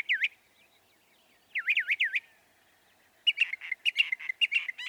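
Northern mockingbird song: a swooping whistled note, then a phrase of three swoops, followed by a burst of varied chattering notes.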